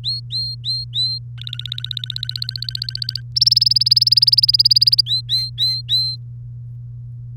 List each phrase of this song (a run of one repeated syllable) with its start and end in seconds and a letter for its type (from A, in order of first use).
0.04-1.19 A, 1.38-3.20 B, 3.36-5.01 C, 5.06-6.16 A